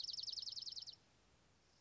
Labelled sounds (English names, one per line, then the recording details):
Dark-eyed Junco
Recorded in Sonoma County, California